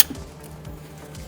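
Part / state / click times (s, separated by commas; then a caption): catch can hose quick-connect onto intake manifold port / seated / 0.0 s. The plastic quick-connect fitting on the intake manifold line of a Damond Motorsports Stage 1 oil catch can kit for a Ford Focus ST is pressed onto the intake manifold port until it latches. A sharp click is heard at 0.0 s, followed by quiet low background noise and a faint tap near 1.3 s. The click confirms the hose is seated on the port.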